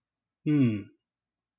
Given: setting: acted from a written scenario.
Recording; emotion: vocal sound without words; neutral